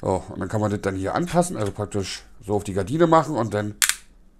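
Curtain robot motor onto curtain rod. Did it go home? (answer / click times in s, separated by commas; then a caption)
no / none. Someone talks while fitting a SwitchBot Curtain smart electric curtain motor onto a curtain rod, and a short burst of handling noise is heard near the end. The clip stops before the motor snaps onto the rod; nothing has seated or clicked yet.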